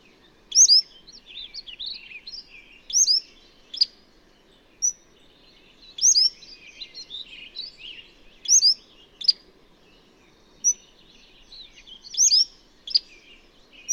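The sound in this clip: Bird song: high twittering phrases repeated every few seconds, with softer chirps between them.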